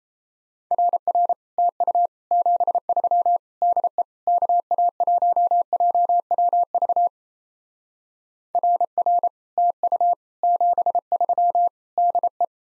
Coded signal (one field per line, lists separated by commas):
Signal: Morse code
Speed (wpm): 34 wpm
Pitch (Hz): 700 Hz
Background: none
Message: RR TU 73 DE KA1JWV RR TU 73 DE